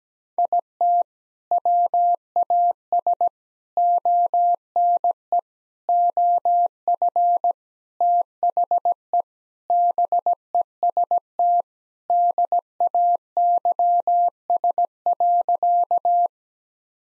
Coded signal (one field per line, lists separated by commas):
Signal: Morse code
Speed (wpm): 17 wpm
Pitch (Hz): 700 Hz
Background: none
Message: IT WAS ONE OF THE BEST DAYS.